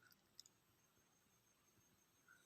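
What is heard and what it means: A plastic bulb holder (lamp/thermostat housing) is placed in position inside a refrigerator and pressed until it locks on both sides. A sharp click is heard at 0.4 s as it snaps into place, with smaller ticks around 0.1 s and 0.5 s. The holder is seated.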